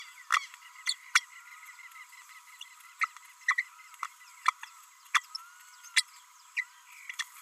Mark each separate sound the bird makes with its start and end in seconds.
0.32-0.39, 0.85-0.95, 1.15-1.20, 3.01-3.07, 3.48-3.55, 4.02-4.06, 4.47-4.52, 5.14-5.21, 5.96-6.03, 6.56-6.64, 7.19-7.24